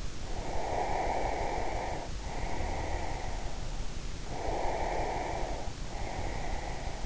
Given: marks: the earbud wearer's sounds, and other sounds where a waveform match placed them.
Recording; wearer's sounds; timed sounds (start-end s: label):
sounds in sleep by an in-ear microphone; breath
0.51-3.30 s: breath
4.03-7.06 s: breath